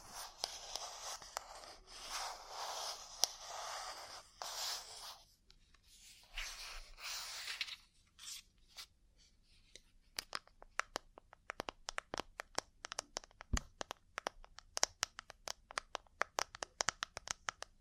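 Ear cleaning sounds: dense, gritty scratching and rubbing comes in bursts over the first eight seconds, with brief pauses between strokes. After that it turns to sharp, irregular taps and clicks, several per second, with a few louder snaps around fourteen and fifteen seconds.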